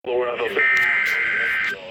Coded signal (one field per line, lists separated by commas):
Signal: Emergency Alert System (SAME) tones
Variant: header bursts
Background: speech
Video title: Finally Over? Severe Thunderstorm Warning EAS#28